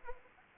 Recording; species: mosquito wingbeat signal from an infrared sensor; Anopheles arabiensis